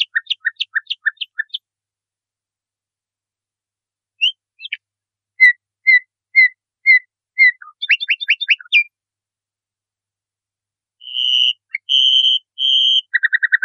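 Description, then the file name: Nightingale song of varied phrases: fast repeated notes, spaced single whistles, sharp rising notes, then loud steady tones broken by pauses. Masteran recording, used for training cage birds. "suara masteran nightingale"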